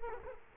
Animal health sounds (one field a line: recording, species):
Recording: mosquito wingbeat signal from an infrared sensor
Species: Culex quinquefasciatus